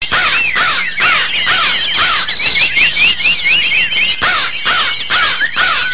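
Birds squawking: harsh, loud calls repeated in quick overlapping bursts, several birds calling at once.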